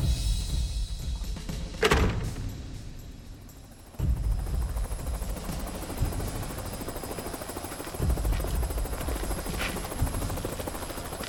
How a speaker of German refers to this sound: Sie steigen jetzt in den Heli. Wir fliegen nach Vilnius.